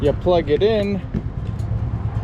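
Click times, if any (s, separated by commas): none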